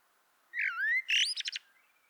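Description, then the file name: Common blackbird song phrase: a smooth, dipping then rising fluted whistle followed by a rapid burst of sharp, high squeaky notes. "Turdus merula"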